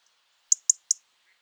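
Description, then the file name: European robin, three crisp high ticks in quick succession within half a second, otherwise near silence. "Erithacus rubecula"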